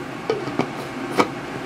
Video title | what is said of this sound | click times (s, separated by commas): Umoro One Vs Fuelshaker! Full Review and Comparison | press tight make sure it clicks everywhere | 0.3 s, 0.6 s